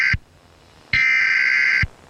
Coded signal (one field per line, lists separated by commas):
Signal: Emergency Alert System (SAME) tones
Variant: header bursts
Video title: EAS Scenario #49: Severe Solar Storm